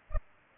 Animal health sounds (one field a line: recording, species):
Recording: mosquito wingbeat signal from an infrared sensor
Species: Culex pipiens